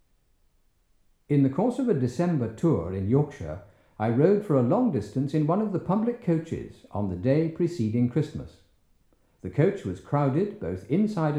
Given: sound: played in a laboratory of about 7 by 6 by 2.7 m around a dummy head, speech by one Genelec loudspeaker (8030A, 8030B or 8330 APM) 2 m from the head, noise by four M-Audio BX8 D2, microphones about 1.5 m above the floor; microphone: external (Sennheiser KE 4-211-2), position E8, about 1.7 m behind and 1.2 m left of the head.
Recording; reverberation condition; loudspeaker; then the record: male speech in English; medium; 150 degrees to the left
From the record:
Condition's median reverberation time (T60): about 510 ms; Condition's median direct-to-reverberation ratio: about -0.5 dB